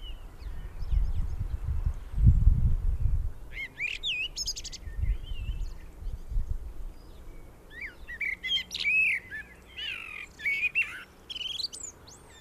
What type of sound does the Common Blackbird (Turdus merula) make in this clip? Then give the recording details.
song. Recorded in the wild. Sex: male. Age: adult. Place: Garmisch-Partenkirchen, Bayern, DE. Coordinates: 47.4883, 11.0697. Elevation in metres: 711. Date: 1967-04-02. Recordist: Tretzel, Erwin